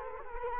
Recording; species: mosquito wingbeat signal from an infrared sensor; Culex quinquefasciatus